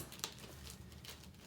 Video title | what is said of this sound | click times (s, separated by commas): Suppository, Enema, and Ostomy Care skills Checkoff | want to just hear it click into place you | 0.2 s